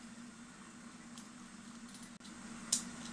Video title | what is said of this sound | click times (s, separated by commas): Vintage Master Crafters Fireplace Repair | there we go clicks | 2.7 s